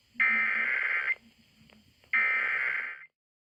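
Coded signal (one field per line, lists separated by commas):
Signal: Emergency Alert System (SAME) tones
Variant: header bursts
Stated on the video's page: Severe weather alerts received by DXing.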